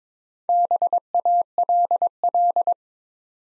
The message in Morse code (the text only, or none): BALL